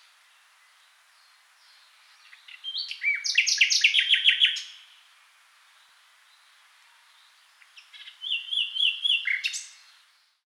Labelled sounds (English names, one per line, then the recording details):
Common Nightingale
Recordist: Frommolt, Karl-Heinz